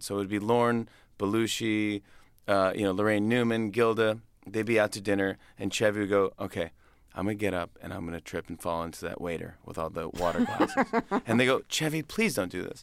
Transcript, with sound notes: So it would be Lorne, Belushi, you know, Laraine Newman, Gilda. They'd be out to dinner. And Chevy would go, OK, I'm going to get up, and I'm going to trip and fall into that waiter with all the water glasses.
(Laughter).
And they'd go, Chevy, please don't do this.